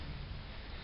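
A steel mounting plate is being handled on a Summit Racing Body Cart SUM-906702, guided toward the two lips on the cart frame where it is meant to snap into place. The clip is steady low background noise with one brief tick near 0.9 seconds. The plate has not seated or snapped into place yet.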